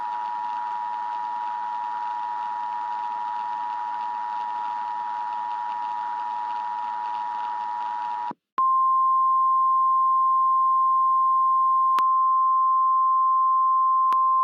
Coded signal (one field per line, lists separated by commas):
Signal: Emergency Alert System (SAME) tones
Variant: 853 and 960 Hz attention tone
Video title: EAS Scenario - Tasty Planet